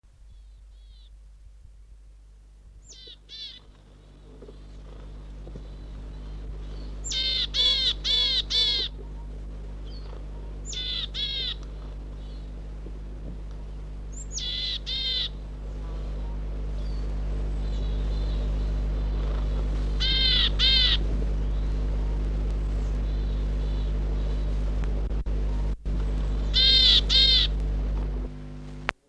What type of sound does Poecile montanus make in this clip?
call